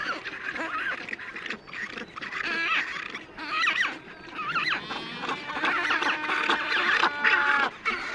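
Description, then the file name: Black-browed albatross calls, overlapping harsh wavering cries and nasal braying notes from several birds, rising and falling in a continuous chorus. "Canto do albatroz de sobrancelha"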